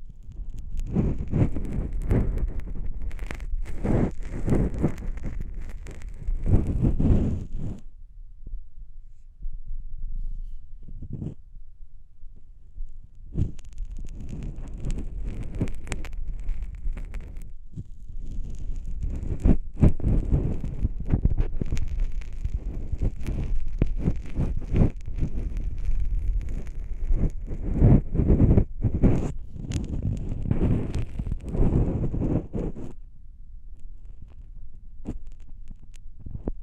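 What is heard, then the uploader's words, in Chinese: Muffled ear-cleaning sounds alternate between ears, with dense bursts of scratching and rubbing that thump low and crackle brightly. A quiet lull falls around 8 to 13 seconds with only faint rumble and a few clicks, then the busy scraping resumes and continues to the end. 掏耳（左右耳交替）。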